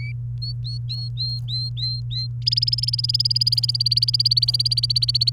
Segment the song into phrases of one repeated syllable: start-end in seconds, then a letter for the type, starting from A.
0.00-0.12 A, 0.41-2.27 B, 2.42-5.32 C